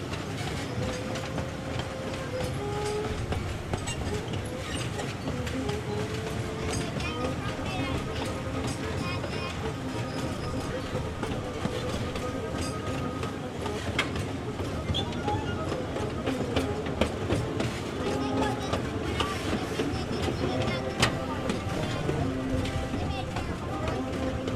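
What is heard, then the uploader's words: A 1930s steam locomotive runs with a steady, dense rumble and a constant scatter of sharp clicks and clatter from the wheels. Voices talk over it throughout, and the level holds even for the whole stretch, with a few brighter knocks near the end. Climb aboard this charming 1930s steam locomotive that once traversed the mountains between Alaska and the Yukon. Listen to the chugging of the train engine and rhythmic clatter of wheels on steel rails.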